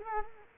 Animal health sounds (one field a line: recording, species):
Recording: mosquito wingbeat signal from an infrared sensor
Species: Culex quinquefasciatus